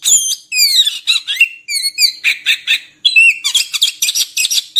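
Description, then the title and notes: Oriental magpie-robin song, a quick stream of descending whistled slurs and harsh chattering bursts, phrases pouring out almost without pause. Long-duration kacer filler song (isian) for training birds to sing vigorously (gacor) day and night. "Kacer Jadi Gacor Siang Malam. Isian Kacer Durasi Panjang"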